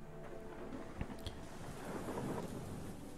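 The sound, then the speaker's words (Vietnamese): Steady pouring rain hisses throughout, pouring into a classroom through a crack in the tiled roof, with a low rumble of thunder swelling underneath and a couple of sharp cracks early on. No voices. “Ở bên tai của tôi vang lên tiếng ầm ầm của sấm sét và nước mưa bắt đầu trút xuống ở lớp học.”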